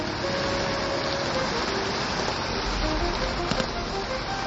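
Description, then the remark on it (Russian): A steady, dense hiss of drizzling rain on a foggy street in Moscow, even and unbroken, with a few faint tonal traces and soft pattering textures underneath. “Гирин и Сима бродили по затуманенной моросящим дождем садовой, забитой ревущими грузовиками.”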